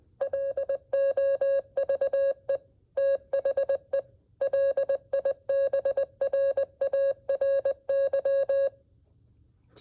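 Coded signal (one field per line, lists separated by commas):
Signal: Morse code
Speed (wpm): 20 wpm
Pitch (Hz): 550 Hz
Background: none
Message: LOVE THE LIBRARY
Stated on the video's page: Library STEM activity for learning Morse code, themed on a fairy tale.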